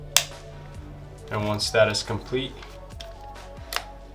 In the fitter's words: we're going to go ahead and pop it in you should also hear a little click